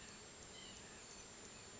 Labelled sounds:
White-breasted Nuthatch (Sitta carolinensis)
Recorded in Sonoma County, California

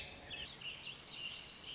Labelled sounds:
Warbling Vireo (Vireo gilvus)
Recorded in Sonoma County, California

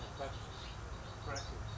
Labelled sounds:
California Towhee (Melozone crissalis)
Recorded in Sonoma County, California

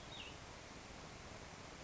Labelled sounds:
Cassin's Vireo (Vireo cassinii)
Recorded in Sonoma County, California

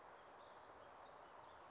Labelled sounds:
Warbling Vireo (Vireo gilvus)
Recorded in Sonoma County, California

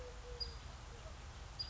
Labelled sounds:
Eurasian Collared Dove (Streptopelia decaocto)
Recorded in Sonoma County, California

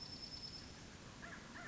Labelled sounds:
American Crow (Corvus brachyrhynchos)
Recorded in Sonoma County, California

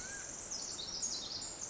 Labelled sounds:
Pacific Wren (Troglodytes pacificus)
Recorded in Sonoma County, California

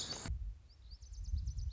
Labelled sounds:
Lazuli Bunting (Passerina amoena)
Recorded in Sonoma County, California

